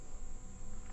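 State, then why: Not seated. The front sling mount on the tube of a Bo Manufacture FABARM STF/12 Compact airsoft gas shotgun is being handled, rotated to the chosen position to be locked down so it won't rattle like older sling mounts did. Only a steady, low handling noise is heard with no sharp transients. Nothing has seated or clicked yet.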